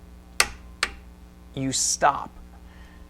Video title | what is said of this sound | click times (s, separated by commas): Toolbag: Torque Wrench | once the head of the torque wrench clicks, | 0.4 s